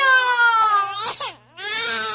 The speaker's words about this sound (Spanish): ¡Mujer! ¡El niño está llorando! ¡Ay, voy a verlo! A eso de las 12 de la noche, escucharon al bebé llorando.